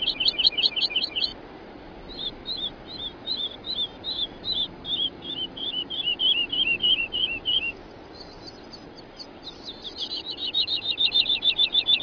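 Woodlark song: several runs of quick, repeated liquid notes, each phrase a rolling series of similar notes with brief pauses between, over a soft background hiss.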